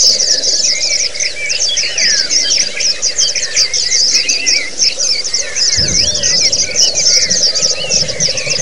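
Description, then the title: White-eye song chorus: dense, high twittering chirps with scattered lower slurred whistles throughout; a low rumble joins after about six seconds. Several white-eyes singing together in the ombyokan chorus style; the recording is meant as a therapy and training sound (masteran) for birds. "Suara Terapi Pleci Ombyokan"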